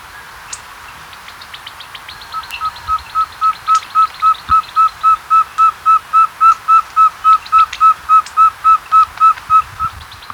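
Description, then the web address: Andean pygmy owl call: a long steady series of short whistled toots in rapid regular rhythm, with a few thin high chirps early on. Recorded in Ecuador. "Birds of Ecuador. Andean Pygmy Owl"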